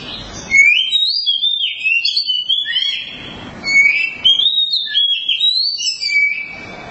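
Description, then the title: Oriental magpie-robin song: loud, varied whistled phrases with sharp upslurs and downslurs, sung in long bursts. Long-duration song. "Kacer Durasi Panjang"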